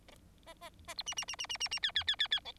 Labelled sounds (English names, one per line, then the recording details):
Bengalese Finch song
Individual Bird4